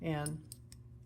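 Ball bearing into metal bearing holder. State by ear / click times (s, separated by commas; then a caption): seated / 0.7 s. A ball bearing is pushed into a manufactured metal bearing holder while someone talks at the start. A short, sharp click at 0.7 s marks the bearing popping into the metal housing, seated.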